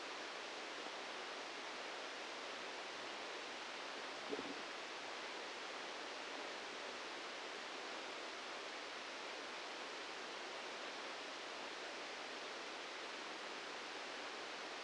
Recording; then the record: brain microelectrode recording played as sound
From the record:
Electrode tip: outside the subthalamic nucleus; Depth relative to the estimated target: 4 mm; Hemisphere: right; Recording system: NeuroSet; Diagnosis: Parkinson's disease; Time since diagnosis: 13 years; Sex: male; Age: 65 years